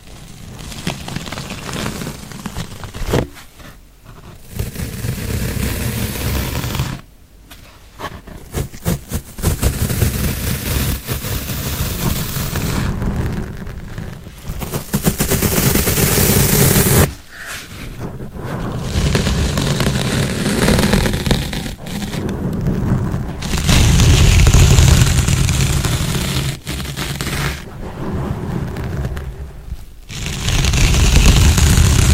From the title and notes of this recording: Intense Mic Scratching.